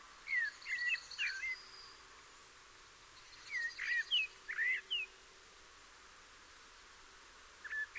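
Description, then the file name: Common blackbird song with fluty, warbled phrases in two bursts about three seconds apart. A brief third phrase comes near the end. "Turdus merula"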